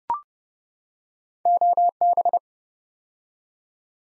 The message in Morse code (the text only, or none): OB